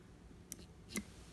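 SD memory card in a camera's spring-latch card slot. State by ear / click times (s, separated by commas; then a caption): released / 0.5 s, 1.0 s. A plastic SD memory card is pushed into the spring-loaded slot on a robot's camera so the latch unlatches, letting the card be removed to view photos and videos. Two sharp clicks sound at 0.5 s and 1.0 s over quiet background noise. The latch releases and the card springs back, sticking out slightly.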